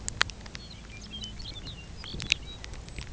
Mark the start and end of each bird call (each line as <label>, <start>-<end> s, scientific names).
Calcarius lapponicus, 0.41-3.13 s